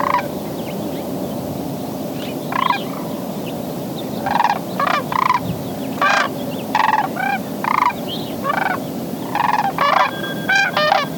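Sandhill Crane calling after a short quiet start, with several rolling, rattling bugles and a faint steady tone underneath.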